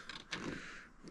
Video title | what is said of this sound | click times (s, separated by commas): 2025 Pro R 6000 LB Winch Install!! | into its little wiring harness right here. Just like that. Hear a little click. | 0.3 s